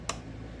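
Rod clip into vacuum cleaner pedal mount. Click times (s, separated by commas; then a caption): 0.1 s. The plastic clips of the pedal rod on a Kirby Avalir 2 (G series) vacuum cleaner are pressed into the pedal mount during reinstallation, which keeps the rod from vibrating and rattling during hose use. A single sharp, bright click at 0.1 s shows the clip snapping in and seating tight, followed by a faint low hum.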